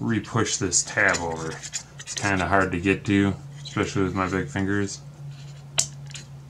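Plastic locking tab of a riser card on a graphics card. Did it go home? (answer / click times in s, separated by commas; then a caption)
yes / 5.8 s. A hard-to-reach plastic locking tab on the riser card attached to a Power Color Red Devil RX 480 graphics card, in an Asus Prime Z390-P build, is pushed over by fingers while someone talks. A sharp click at 5.8 s marks the tab locking into place, followed by a softer tick at 6.2 s, and the riser card is locked on.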